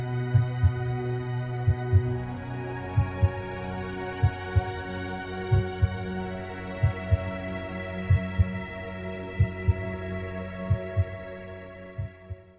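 Steady paired lub-dub heartbeats, slow at about 47 a minute, over a continuous low humming drone; a universal heart beat track.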